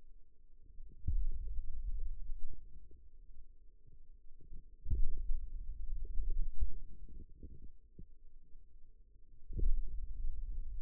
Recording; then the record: forearm muscle sounds (acoustic myography)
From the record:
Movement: finger pinch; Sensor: system 2, bracelet of six BSWA MPA416 microphones around the upper forearm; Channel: 3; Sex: male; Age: 22 years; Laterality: right